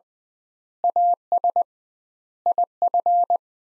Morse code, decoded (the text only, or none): AS IF